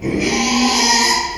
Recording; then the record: squeal of a Yucatan mini pig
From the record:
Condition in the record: after surgery on the right vocal fold (resection and tissue-engineered implant); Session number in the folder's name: 2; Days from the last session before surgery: 13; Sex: male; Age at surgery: 12 weeks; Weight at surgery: 13 kg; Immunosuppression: cyclosporine, prednisolone